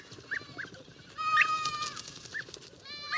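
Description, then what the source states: Goat kids bleating: one longer, louder bleat among a few shorter, fainter cries. Young goat kids from a nomad camp calling noisily as they rejoin their mother for morning suckling, at an oasis in Mauritania, in February during the dry season.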